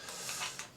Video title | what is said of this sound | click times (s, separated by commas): Nintendo Gameboy Advance SP review | You slide them in like so, clicks in place, and then you play. | 0.6 s, 0.8 s